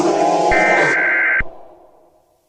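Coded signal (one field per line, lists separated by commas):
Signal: Emergency Alert System (SAME) tones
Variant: header bursts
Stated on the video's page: Fictional scenario remake.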